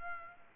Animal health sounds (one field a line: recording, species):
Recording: mosquito wingbeat signal from an infrared sensor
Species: Aedes aegypti